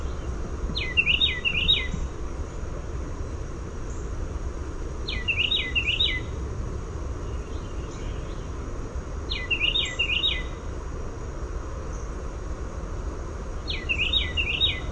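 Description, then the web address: Carolina wren song: bursts of four or five quick, rolling repeated phrases every four seconds or so, loud and clear above a steady low background hum. "naturesounds CARW-song"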